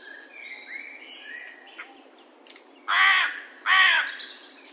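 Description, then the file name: Carrion crow giving two loud, arching, raspy caws at the end, preceded by sweet whistled phrases from another bird. "Corvus corone"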